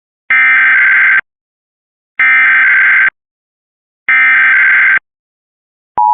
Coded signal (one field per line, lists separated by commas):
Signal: Emergency Alert System (SAME) tones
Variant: header bursts